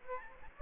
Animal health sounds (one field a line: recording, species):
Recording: mosquito wingbeat signal from an infrared sensor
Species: Aedes aegypti